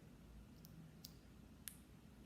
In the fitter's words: snap it in uh to the electrode you can hear it snap in